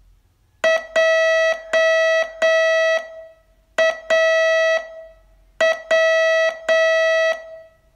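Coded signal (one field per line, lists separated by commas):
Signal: Morse code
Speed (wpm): 8 wpm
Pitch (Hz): 650 Hz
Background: none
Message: JAW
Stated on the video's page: Morse training course, day 23 test.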